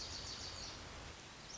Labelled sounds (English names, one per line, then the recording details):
Lazuli Bunting
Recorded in Sonoma County, California